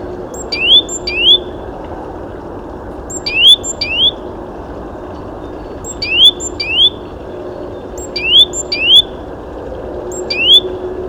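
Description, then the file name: Great tit calls: pairs of quick, rising whistled notes, each pair repeated about every two and a half seconds, over a steady low rumble. "Parus major"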